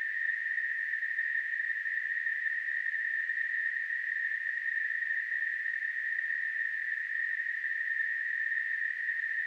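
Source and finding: Device-generated tinnitus simulation. Tinnitus simulation.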